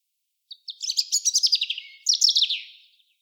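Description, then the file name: European robin song: two tumbling bursts of rapid, tinkling high notes, each sliding downward at the end and trailing off. "Erithacus rubecula"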